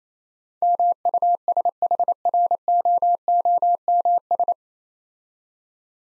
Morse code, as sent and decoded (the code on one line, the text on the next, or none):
-- ..- ... .... .-. --- --- -- ...
MUSHROOMS